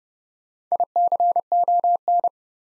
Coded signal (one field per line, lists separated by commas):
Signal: Morse code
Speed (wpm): 28 wpm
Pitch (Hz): 700 Hz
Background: none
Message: ICON